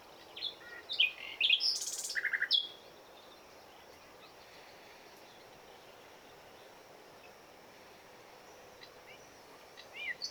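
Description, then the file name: Common nightingale singing one brief varied phrase of whistles, a harsh buzzy burst and fast repeated notes, followed by several seconds of quiet before faint notes begin at the end. "Luscinia megarhynchos"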